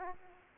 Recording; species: mosquito wingbeat signal from an infrared sensor; Aedes aegypti